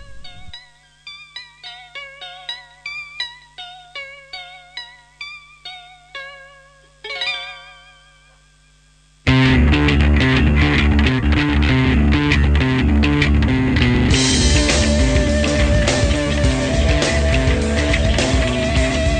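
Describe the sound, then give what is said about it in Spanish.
Rock music opens with a series of clean, ringing guitar notes picked one by one, then at about nine seconds a loud, dense wall of distorted electric guitar and drums crashes in and keeps driving. “Le ponemos distorsión y guitarras a la mañana de la red.”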